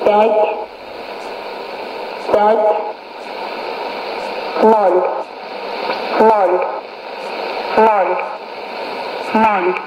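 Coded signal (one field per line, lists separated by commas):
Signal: numbers station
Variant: S06s, Russian female voice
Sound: woman's voice reading short Russian number words, about five, evenly spaced, through hiss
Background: radio static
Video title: 10 05 2017 Numbers station S06s Russian Lady in Russian to Eu 0824 on 9485 unknown tx site in CUSB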